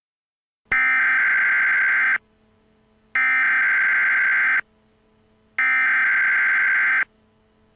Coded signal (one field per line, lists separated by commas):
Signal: Emergency Alert System (SAME) tones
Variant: header bursts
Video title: EAS Mock/Scenario Recreation: Zombies Rise